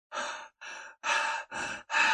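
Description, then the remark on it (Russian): Rapid, heavy breathing of a man with his eyes shut: five loud, airy breaths in quick, steady succession, each a short burst of rough hissing air with brief pauses between, and no talking. “Быстро дышал я, не открывая глаз.”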